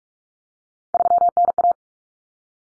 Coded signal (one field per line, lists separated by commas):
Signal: Morse code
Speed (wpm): 44 wpm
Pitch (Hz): 700 Hz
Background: none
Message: 3NA